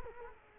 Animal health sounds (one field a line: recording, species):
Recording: mosquito wingbeat signal from an infrared sensor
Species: Culex quinquefasciatus